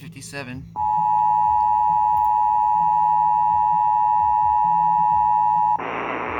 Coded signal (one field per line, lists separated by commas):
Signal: Emergency Alert System (SAME) tones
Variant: 853 and 960 Hz attention tone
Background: speech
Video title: EAS #922-923: KDKA Random EAS Test (KDKA Test #30) || 4/25/22